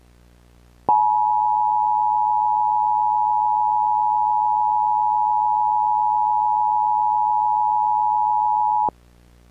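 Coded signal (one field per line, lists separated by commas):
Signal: Emergency Alert System (SAME) tones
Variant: 853 and 960 Hz attention tone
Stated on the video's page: Fictional EAS scenario.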